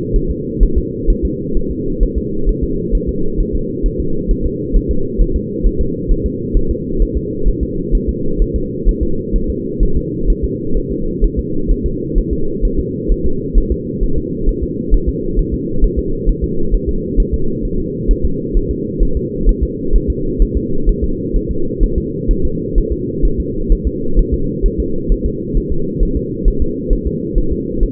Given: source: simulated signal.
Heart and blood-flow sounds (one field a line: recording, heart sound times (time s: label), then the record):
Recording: fetal heart sounds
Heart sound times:
0.16 s: S1
0.31 s: S2
0.63 s: S1
0.78 s: S2
1.10 s: S1
1.25 s: S2
1.57 s: S1
1.71 s: S2
2.03 s: S1
2.18 s: S2
2.49 s: S1
2.64 s: S2
2.95 s: S1
3.09 s: S2
3.40 s: S1
3.55 s: S2
3.86 s: S1
4.00 s: S2
4.31 s: S1
4.46 s: S2
4.77 s: S1
4.91 s: S2
5.22 s: S1
5.36 s: S2
5.66 s: S1
5.81 s: S2
6.11 s: S1
6.26 s: S2
6.57 s: S1
6.71 s: S2
7.02 s: S1
7.17 s: S2
7.48 s: S1
7.63 s: S2
7.95 s: S1
8.09 s: S2
8.42 s: S1
8.56 s: S2
8.89 s: S1
9.03 s: S2
9.36 s: S1
9.50 s: S2
9.83 s: S1
9.97 s: S2
10.30 s: S1
10.44 s: S2
10.77 s: S1
10.92 s: S2
11.24 s: S1
11.39 s: S2
11.71 s: S1
11.86 s: S2
12.18 s: S1
12.33 s: S2
12.65 s: S1
12.80 s: S2
13.12 s: S1
13.26 s: S2
13.58 s: S1
13.72 s: S2
14.04 s: S1
14.18 s: S2
14.49 s: S1
14.63 s: S2
14.94 s: S1
15.09 s: S2
15.39 s: S1
15.54 s: S2
15.84 s: S1
15.99 s: S2
16.29 s: S1
16.44 s: S2
16.75 s: S1
16.89 s: S2
17.20 s: S1
17.34 s: S2
17.65 s: S1
17.80 s: S2
18.11 s: S1
18.25 s: S2
18.57 s: S1
18.71 s: S2
19.03 s: S1
19.17 s: S2
19.49 s: S1
19.63 s: S2
19.96 s: S1
20.10 s: S2
20.42 s: S1
20.57 s: S2
20.89 s: S1
21.04 s: S2
21.36 s: S1
21.51 s: S2
21.84 s: S1
21.98 s: S2
22.31 s: S1
22.45 s: S2
22.78 s: S1
22.93 s: S2
23.25 s: S1
23.40 s: S2
23.72 s: S1
23.87 s: S2
24.19 s: S1
24.34 s: S2
24.66 s: S1
24.80 s: S2
25.12 s: S1
25.26 s: S2
25.57 s: S1
25.72 s: S2
26.03 s: S1
26.17 s: S2
26.48 s: S1
26.62 s: S2
26.93 s: S1
27.07 s: S2
27.38 s: S1
27.53 s: S2
27.83 s: S1
From the record:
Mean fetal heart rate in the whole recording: 130 bpm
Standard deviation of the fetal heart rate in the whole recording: 2 bpm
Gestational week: 38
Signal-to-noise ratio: -8.1 dB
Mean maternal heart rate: 72 bpm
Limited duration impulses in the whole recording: absent